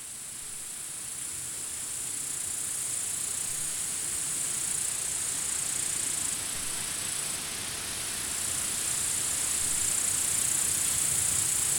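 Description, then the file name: Crickets chirping as a steady high-pitched chorus, a continuous shrill hum over the rushing, hissing sound of flowing river water. Crickets recorded at night beside a river. "Relaxation Meditation Guru - River Sound and Crickets at Night"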